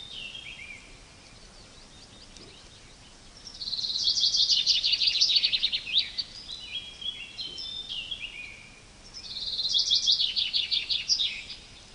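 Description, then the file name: Common chaffinch song: two bright, fast trilled phrases that tumble downward, each about two to three seconds long, with a few thinner notes between them over steady background hiss. "Fringilla coelebs"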